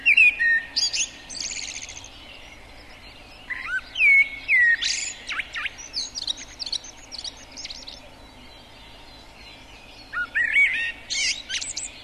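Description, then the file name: Common blackbird singing: mellow fluted whistled phrases, each trailing into high squeaky twittering, with pauses between phrases over a steady background hiss. "Kos"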